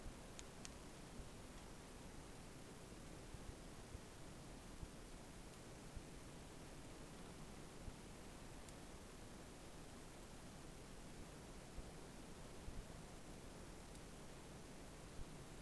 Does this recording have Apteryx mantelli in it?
no